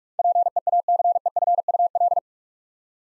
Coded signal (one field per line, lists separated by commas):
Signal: Morse code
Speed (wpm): 44 wpm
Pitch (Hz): 700 Hz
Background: none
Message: PEACEFUL